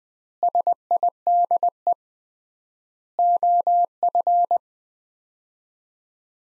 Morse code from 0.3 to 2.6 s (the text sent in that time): SIDE